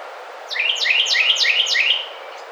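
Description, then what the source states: Carolina wren song: five rapid, loud, ringing two-part phrases repeated evenly over about one and a half seconds. Recorded 2009-05-27.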